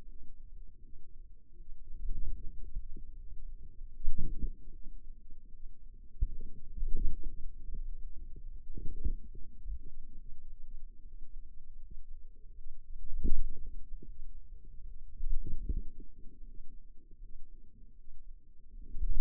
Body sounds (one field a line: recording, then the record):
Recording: forearm muscle sounds (acoustic myography)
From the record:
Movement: wrist extension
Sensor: system 2, bracelet of six BSWA MPA416 microphones around the upper forearm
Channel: 3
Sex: female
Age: 23 years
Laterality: right